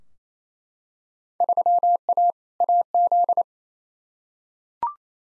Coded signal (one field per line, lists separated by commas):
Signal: Morse code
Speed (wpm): 27 wpm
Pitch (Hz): 700 Hz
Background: none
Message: 3A AZ